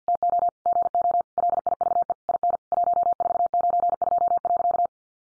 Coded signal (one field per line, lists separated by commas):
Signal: Morse code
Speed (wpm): 49 wpm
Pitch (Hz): 700 Hz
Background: none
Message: TO GO LIVE IN 1492.